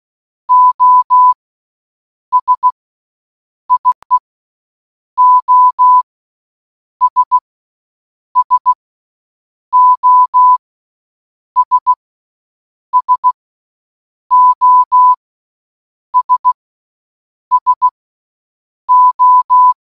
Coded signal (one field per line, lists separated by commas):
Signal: Morse code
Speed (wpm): 16 wpm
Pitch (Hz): 1000 Hz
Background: none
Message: OS IE OS SOS SOS SO